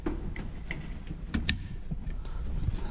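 A fuel hose quick-connect fitting is pushed onto a port on a diesel fuel lift pump and sump during installation. Over low background rumble and a few faint ticks, a sharp, bright click sounds at 1.5 s. The fitting snaps on, showing it is seated and secure.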